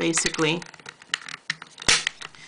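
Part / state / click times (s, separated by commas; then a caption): stamp roller wheel onto handle / seated / 1.5 s, 1.9 s. Someone talks briefly, then a plastic Stampin' Up stamping roller wheel for fabric projects is pushed onto its handle so the pin pointing out goes into the hole, with small scraping and tapping sounds. Sharp snaps ring out at 1.5 s and 1.9 s as the wheel seats firmly on the handle.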